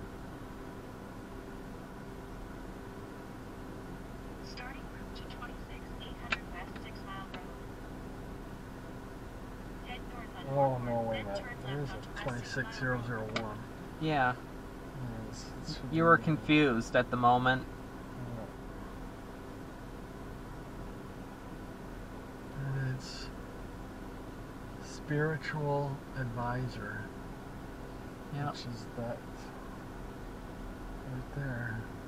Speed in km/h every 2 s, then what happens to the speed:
0, 0, 0, 0, 0, 0, 0, 0, 0, 0, 0, 0, 0, 0, 0, 0.
0-32 standing.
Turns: none.